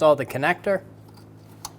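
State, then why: Not seated. Someone talks while a plastic wiring harness connector is handled at the ignition coil of a 2005-2015 Toyota Tacoma 2.7L L4, followed by quiet and one brief sharp tick near 1.6 s. The connector is not yet pushed home, and nothing has seated or clicked yet.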